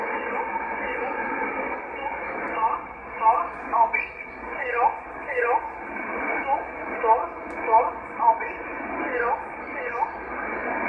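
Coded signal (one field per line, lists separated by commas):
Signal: numbers station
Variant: E11 Oblique, English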